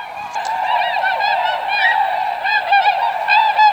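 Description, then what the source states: Tundra swans calling, a dense chorus of overlapping high, nasal hooting notes from several birds, some rising and falling, continuing without pause throughout. About 25% of the eastern population uses the Upper Mississippi River during fall migration.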